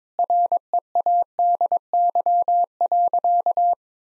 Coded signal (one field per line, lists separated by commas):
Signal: Morse code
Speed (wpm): 22 wpm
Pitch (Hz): 700 Hz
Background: none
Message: READY.